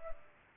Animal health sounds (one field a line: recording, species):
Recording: mosquito wingbeat signal from an infrared sensor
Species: Culex pipiens